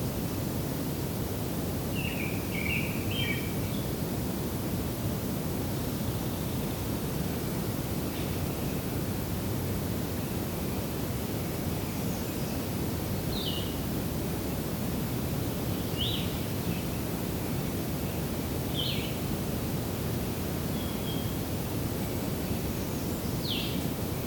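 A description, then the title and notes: Short high warbler songs and chips, likely American Redstarts and other warblers, surface every few seconds over a steady, dense roaring rush. I’m continuing to explore the trails that extend from the Kinglet Junction, to see what new habitats I might find. We’ll be hearing from American Redstarts, Nashville Warblers, Yellow-rumped Warblers, and more.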